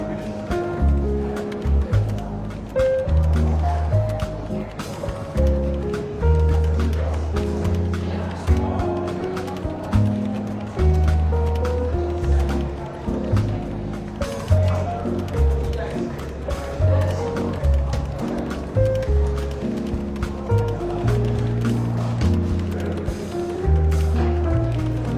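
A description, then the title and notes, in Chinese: Soft, relaxed jazz plays steadily in a bookshop café, with a walking bass line and mellow chords shifting every second or so. Light murmur and small clicks from the café sit underneath, with the music staying even and unhurried throughout. 伦敦书店咖啡馆轻微喧闹氛围与柔和轻松的爵士背景音乐。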